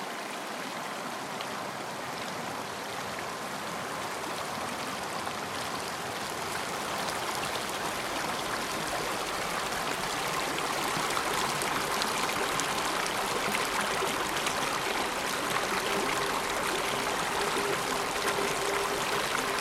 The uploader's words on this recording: A condensed and lightly processed version of a 20 minute walk around the three rivers surrounding my house, presenting their different characters.